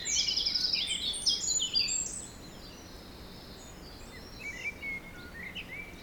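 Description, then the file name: Birds singing loudly at first with fast high trills and chirps, then fading to scattered softer whistled notes for the second half. Forest in spring, windy at force 3 on the Beaufort scale, recorded at 1 pm. "Forest Spring Birds Windy 3 bft 1 pm"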